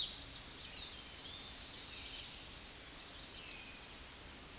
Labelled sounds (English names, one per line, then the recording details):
Tennessee Warbler song
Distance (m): 35 m
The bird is about 15 m above the microphone
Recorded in a Pennsylvania forest on 16 May 2024 at 09:52
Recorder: AudioMoth, point MSD-0508
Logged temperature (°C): 15.5 °C
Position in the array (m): 67 m, 167 m